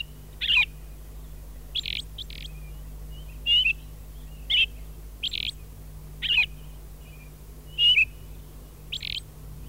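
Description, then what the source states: Austral thrush singing a series of brief, sharp whistled notes about a second apart, against a faint low background hum. Recorded in Laguna Blanca National Park.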